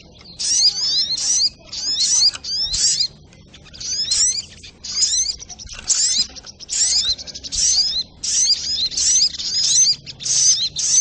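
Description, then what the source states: Spiderhunter song: bursts of high scratchy chirps and rising whistles, a quieter lull near three seconds, then the rapid phrases continue steadily. Training song (masteran) of the bird called sogok ontong, in the style named Labaik.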